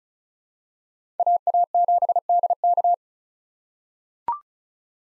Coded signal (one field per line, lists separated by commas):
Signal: Morse code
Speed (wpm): 36 wpm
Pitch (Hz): 700 Hz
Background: none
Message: AA7DK